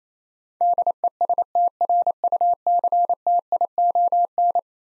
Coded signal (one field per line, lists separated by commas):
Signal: Morse code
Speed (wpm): 28 wpm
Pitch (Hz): 700 Hz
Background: none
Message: DESTRUCTION